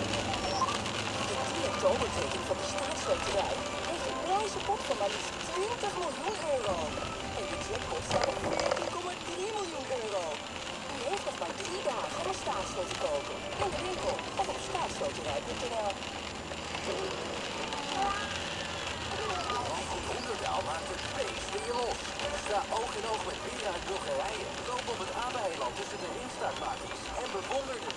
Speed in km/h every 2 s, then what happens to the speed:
63, 54, 41, 33, 30, 29, 38, 45, 52, 50, 46, 44, 40, 33.
0-7 brakes to 30. 10-16 speeds up to 52. 16-28 slows to 33.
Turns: 6-13.